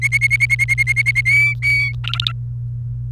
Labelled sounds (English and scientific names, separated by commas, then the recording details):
Domestic Canary (Serinus canaria) song
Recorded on 28 April 2018 at 17:29
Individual llb3